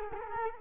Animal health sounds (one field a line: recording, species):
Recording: mosquito wingbeat signal from an infrared sensor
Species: Culex quinquefasciatus